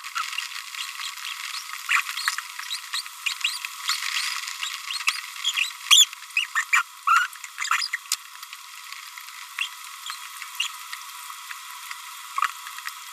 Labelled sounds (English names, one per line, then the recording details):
Green-rumped Parrotlet babbling
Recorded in a nest box in Venezuela
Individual 18B25A5